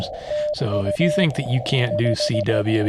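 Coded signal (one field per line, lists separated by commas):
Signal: Morse code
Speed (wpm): 15 wpm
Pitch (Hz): 620 Hz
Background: speech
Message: TU 5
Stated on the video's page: CW during a Summits on the Air activation in southeastern Washington.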